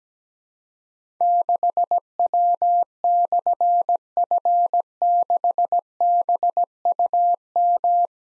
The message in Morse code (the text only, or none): 6W/F6BUM